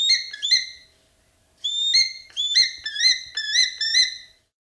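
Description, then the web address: Black-and-white hawk-eagle giving clear, high whistled notes with rich overtones: two quick notes, a pause, then a run of several shrill slurred whistles in close succession. Recorded in the eastern lowlands of South America. "Natures Songs S America Eastern Lowlands. Black-and-white Hawk-Eagle"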